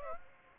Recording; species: mosquito wingbeat signal from an infrared sensor; Aedes aegypti